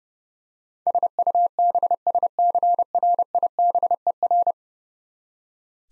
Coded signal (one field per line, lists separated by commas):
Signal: Morse code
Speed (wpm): 30 wpm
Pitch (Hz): 700 Hz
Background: none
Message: SUBSCRIBER